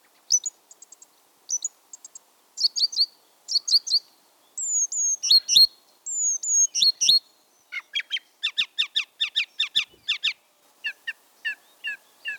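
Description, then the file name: Song thrush song with short high notes, repeated whistled phrases and a run of quick ringing notes, each motif repeated several times. "bioakusztika enekesrigo"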